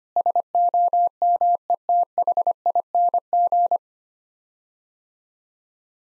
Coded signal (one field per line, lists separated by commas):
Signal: Morse code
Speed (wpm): 25 wpm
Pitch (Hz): 700 Hz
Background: none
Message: SOMETHING